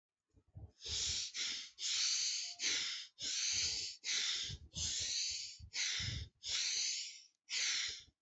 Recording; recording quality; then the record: shallow breathing; poor, much background noise or distortion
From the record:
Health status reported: healthy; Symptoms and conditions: none ticked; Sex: male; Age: 59 years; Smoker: not ticked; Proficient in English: yes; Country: India